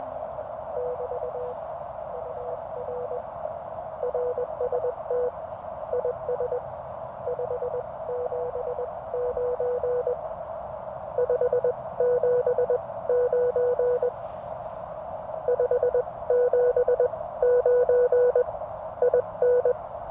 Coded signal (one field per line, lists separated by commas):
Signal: Morse code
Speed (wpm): 20 wpm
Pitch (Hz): 490 Hz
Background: none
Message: <BT> UR RST IS 579 579 579 IN